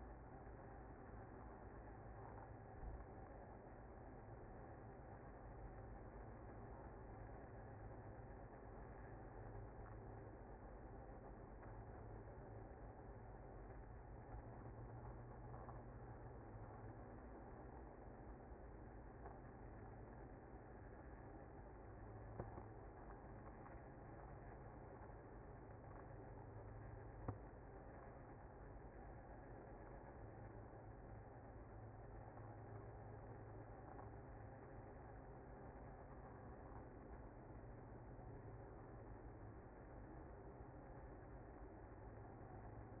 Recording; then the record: honeybee colony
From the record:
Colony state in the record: active